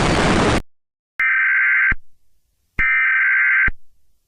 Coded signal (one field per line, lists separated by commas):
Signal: Emergency Alert System (SAME) tones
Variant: header bursts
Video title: //daisy.mp3 (EAS Scenario)